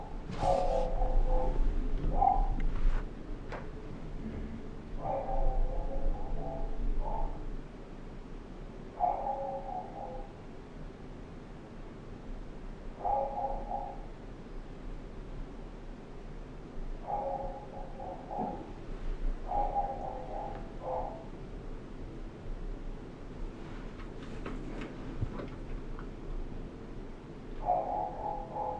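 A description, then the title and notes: Muffled dog barks come through ventilation in short clusters every few seconds, sounding boxy with little sharpness. A steady low rumble of the ductwork runs underneath the whole time, with a few faint knocks and clicks in between. Dog Bark Through Ventilation. Our house has a building wide ventilation system. With loads of echoes, reverbs and various other sounds. Zoom h6 XY module.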